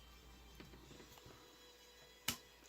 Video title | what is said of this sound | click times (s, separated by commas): Armattan rooster | snaps into place right there just perfect tolerances well | 2.3 s